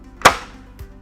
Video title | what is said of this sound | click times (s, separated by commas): Little Giant Ladder Systems - Adjustable Safety Cage Ladder | allow that to drop down until that locks into place and then | 0.3 s